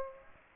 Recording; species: mosquito wingbeat signal from an infrared sensor; Aedes aegypti